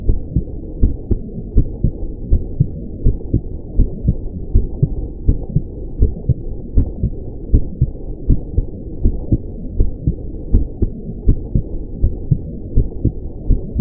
Heartbeat Mono 80 Bpm.